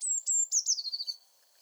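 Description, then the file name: Eurasian blue tit call, high thin notes running into a fast descending trill of short pulses, ending after about a second. "Cyanistes caeruleus"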